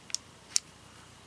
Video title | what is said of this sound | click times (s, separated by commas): Vintage Tag Scanned | pop out my card by pressing down on it till it clicks out | 0.1 s, 0.6 s